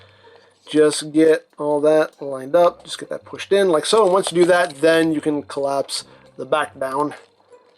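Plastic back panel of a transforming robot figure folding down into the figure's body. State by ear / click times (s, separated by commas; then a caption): not seated / none. Someone talks while handling the plastic back panel of an MPM-11 Masterpiece Movie Ratchet Transformers robot figure, lining up a tab and pushing it into a slot so the back section can fold down into the figure's body. There are only faint handling noises under the talking. Nothing has seated or clicked yet.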